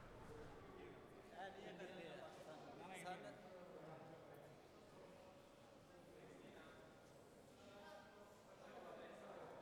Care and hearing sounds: everyday scene through a hearing-aid microphone; reverberant space; background noise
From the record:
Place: railway station hall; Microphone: behind the ear, left, rear

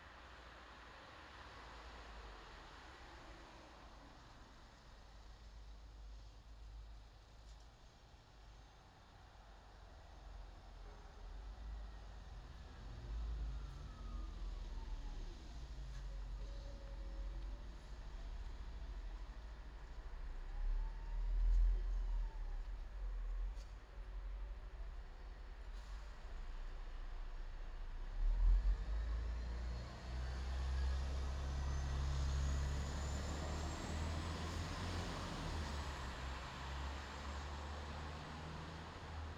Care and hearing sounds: everyday scene through a hearing-aid microphone; in traffic; traffic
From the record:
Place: bus stop on a city main road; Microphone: in the ear canal, left

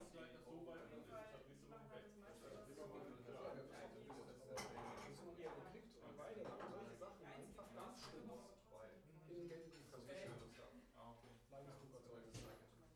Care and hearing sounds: everyday scene through a hearing-aid microphone; many people talking; many voices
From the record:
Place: bistro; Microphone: behind the ear, left, rear

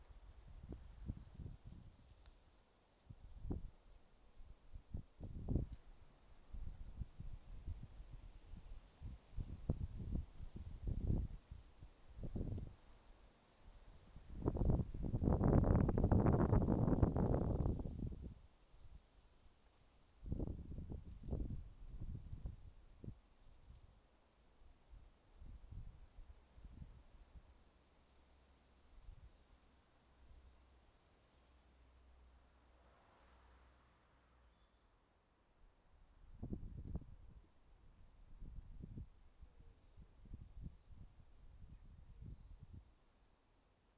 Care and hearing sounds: everyday scene through a hearing-aid microphone; wind on the microphone; wind, traffic, birds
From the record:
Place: suburban garden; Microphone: in the ear canal, left

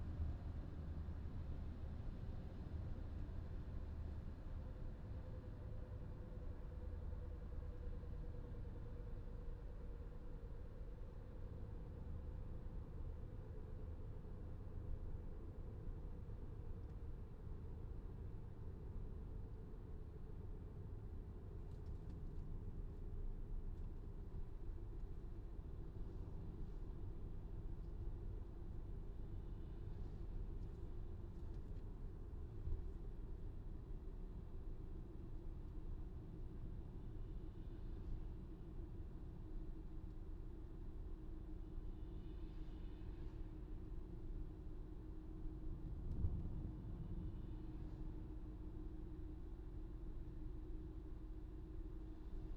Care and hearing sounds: everyday scene through a hearing-aid microphone; in a vehicle; engine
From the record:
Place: VW T5 Caravelle, diesel engine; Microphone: in the ear canal, left

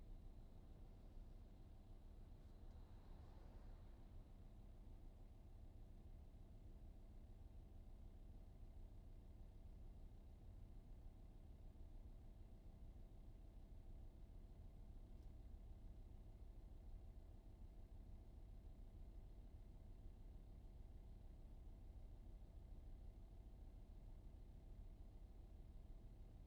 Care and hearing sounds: everyday scene through a hearing-aid microphone; in a vehicle; engine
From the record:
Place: VW T5 Caravelle, diesel engine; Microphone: in the ear canal, right

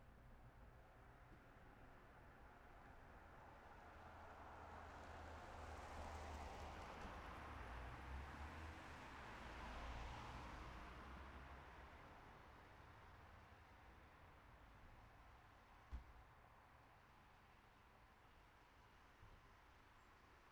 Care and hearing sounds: everyday scene through a hearing-aid microphone; in traffic; traffic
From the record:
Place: city secondary road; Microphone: behind the ear, right, front

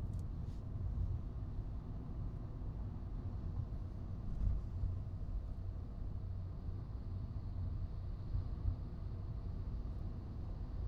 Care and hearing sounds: everyday scene through a hearing-aid microphone; in a vehicle; engine, highway driving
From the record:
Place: Skoda Fabia, gasoline engine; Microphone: in the ear canal, right

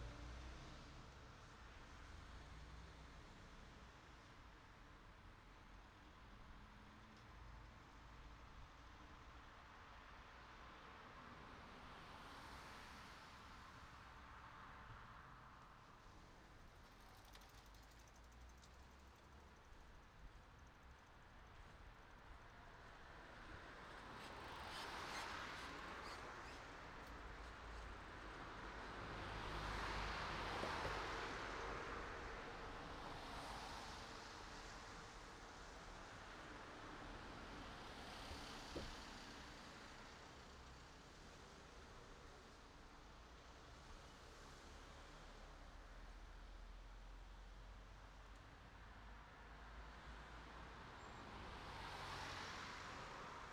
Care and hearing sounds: everyday scene through a hearing-aid microphone; in traffic; traffic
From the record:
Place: city secondary road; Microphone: in the ear canal, right

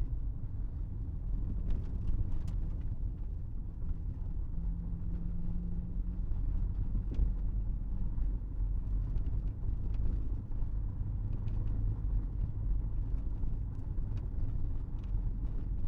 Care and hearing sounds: everyday scene through a hearing-aid microphone; in a vehicle; engine, rumble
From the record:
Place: Berlingo II, diesel engine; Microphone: behind the ear, right, front

